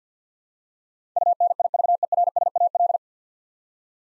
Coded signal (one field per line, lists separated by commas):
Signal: Morse code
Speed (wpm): 50 wpm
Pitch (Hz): 700 Hz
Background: none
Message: UNIVERSAL